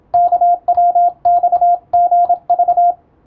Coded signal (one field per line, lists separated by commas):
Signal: Morse code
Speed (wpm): 27 wpm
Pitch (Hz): 700 Hz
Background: radio noise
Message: KWXGV